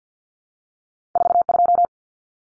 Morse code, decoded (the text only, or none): 42